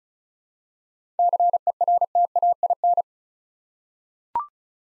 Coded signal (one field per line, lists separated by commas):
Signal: Morse code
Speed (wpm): 36 wpm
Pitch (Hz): 700 Hz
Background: none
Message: CERTAIN